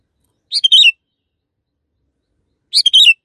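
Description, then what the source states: Canary song, the same brief chirp-and-trill phrase given twice, a little over two seconds apart. Long canary song used as master audio for training birds.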